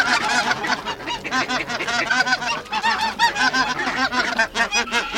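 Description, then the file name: Greater white-fronted goose flock calling, many birds giving overlapping high, yelping honks in a dense, continuous clamour. Flock calls of a white-fronted goose gathering, prepared for use in an electronic hunting caller. "Белолобый базар"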